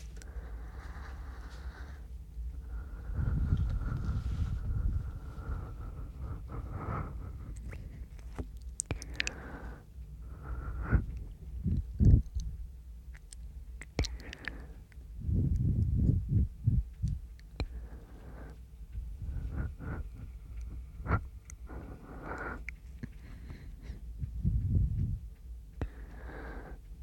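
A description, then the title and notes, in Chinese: Mouth sounds and breathing: low, soft breaths swell and fade every few seconds, strongest around 3, 8, 16 and 25 seconds. Between them come wet clicks and smacks, sharp and brief, scattered unevenly, with a faint steady hum underneath. 口腔音+呼吸，asmr。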